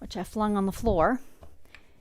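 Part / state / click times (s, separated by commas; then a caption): ruler work extension table onto longarm quilting machine / not seated / none. Someone talks while handling a flat ruler-work extension table on a longarm quilting machine, which gives a stable working area so a ruler doesn't shift. A few brief, faint knocks follow at about 1.4, 1.6 and 1.8 seconds. The table has not yet snapped into place, and nothing has clicked.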